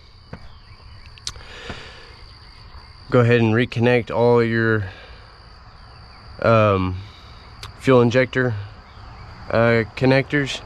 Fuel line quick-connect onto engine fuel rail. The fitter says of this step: push that fuel line on till it clicks then put your lock on